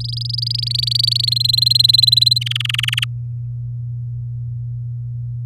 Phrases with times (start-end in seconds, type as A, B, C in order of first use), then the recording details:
0.00-1.34 A, 1.36-2.38 B, 2.41-3.04 C. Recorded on 8 May 2018 at 07:47. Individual llb16